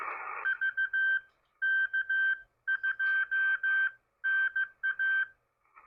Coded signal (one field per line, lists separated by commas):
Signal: Morse code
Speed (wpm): 15 wpm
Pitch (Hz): 1550 Hz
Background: none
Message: VK2NA